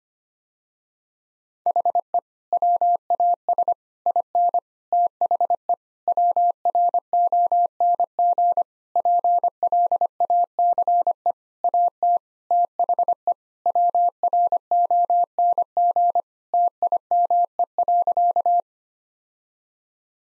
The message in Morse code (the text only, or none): HE WAS IN THE WRONG PLACE AT THE WRONG TIME.